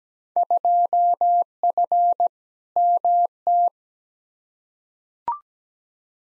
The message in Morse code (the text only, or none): 2F MT